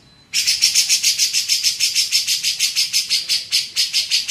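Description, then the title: Grey-cheeked bulbul launching into a steady, rapid run of harsh, grating notes after a faint tone at the start. Masteran recording used to train songbirds. "MASTERAN CUCAK JENGGOT"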